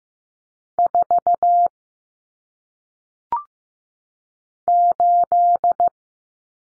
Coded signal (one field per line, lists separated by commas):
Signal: Morse code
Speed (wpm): 15 wpm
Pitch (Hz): 700 Hz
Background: none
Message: 4 8